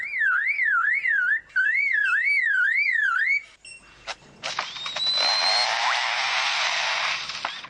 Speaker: But the winner is the amazing Superb Lyrebird of Australia, for their creative use of the more industrial sounds around them.